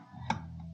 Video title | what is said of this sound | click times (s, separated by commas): Panasonic Lumix S1 my basic rig build | it just snaps into place. | 0.3 s